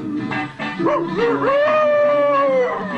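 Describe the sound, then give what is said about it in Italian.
Marcello Mastroianni imitates a ravenous wolf howl in front of Sofia as she undresses for him, in the famous scene of De Sica's 1963 film Ieri, Oggi e Domani. A few short yelping cries swoop upward into one long, sustained, wavering howl before trailing off. “Il famelico ululato di Mastroianni di fronte a Sofia, che si spoglia per lui nella famosa scena di Ieri, Oggi e Domani, film del 63 di De Sica, premio Oscar come miglior film straniero, vale più di ogni parola”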